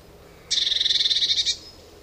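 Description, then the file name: Eurasian blue tit giving a single buzzy, rapidly pulsed churring scold lasting about one second, high-pitched and harsh, over a quiet background. "Cyanistes caeruleus"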